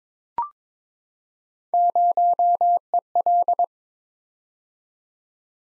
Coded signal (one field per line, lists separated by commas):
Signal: Morse code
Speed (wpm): 22 wpm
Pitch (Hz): 700 Hz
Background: none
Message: 0EL